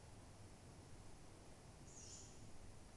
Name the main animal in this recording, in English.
Tawny Owl